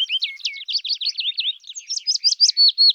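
Willow warbler song, a continuous run of quick high chirpy notes that jumble together, brightening into clearer, louder phrases toward the end.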